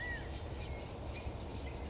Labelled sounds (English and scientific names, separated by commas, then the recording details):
California Quail (Callipepla californica)
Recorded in Sonoma County, California